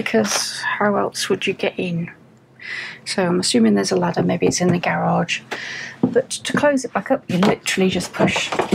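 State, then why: Not seated. Someone talks while handling the drop-down bed of a 2024 Carado T457 Pro+ motorhome, starting to push it back up toward the ceiling to close it. Nothing has seated or clicked yet.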